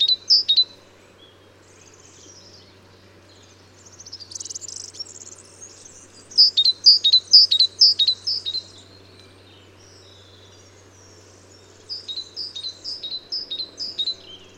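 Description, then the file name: Great tit calling in bursts of high, clipped notes, with softer chirps and twitters between them and a faint low hum underneath. "Parus major"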